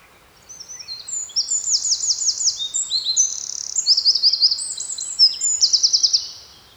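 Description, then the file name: Eurasian wren singing a long, energetic phrase of shrill warbles and fast metallic trills, starting after a brief quiet moment and ending abruptly. "Troglodytes troglodytes"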